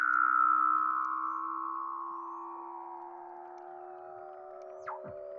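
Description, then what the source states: Weddell seal call: a loud tonal sound slowly falling in pitch over several seconds beside a steady low hum, with a short sharp chirp near the end. Recorded in Antarctica.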